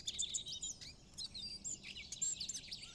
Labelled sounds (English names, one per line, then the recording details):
Eurasian Blackcap
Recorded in Germany
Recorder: ecoPi